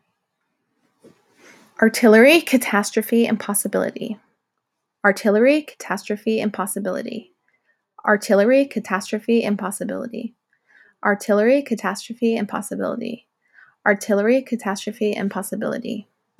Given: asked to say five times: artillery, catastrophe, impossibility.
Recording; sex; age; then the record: three words, each repeated; female; 30 to 39 years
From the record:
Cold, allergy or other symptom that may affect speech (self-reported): no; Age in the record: 35 years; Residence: Ohio, United States